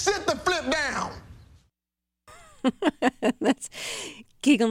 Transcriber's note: laughter